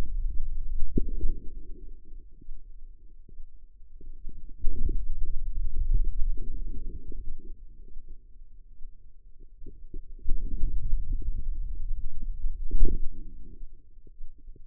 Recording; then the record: forearm muscle sounds (acoustic myography)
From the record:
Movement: pen grasping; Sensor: system 2, bracelet of six BSWA MPA416 microphones around the upper forearm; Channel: 6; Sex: female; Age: 25 years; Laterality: right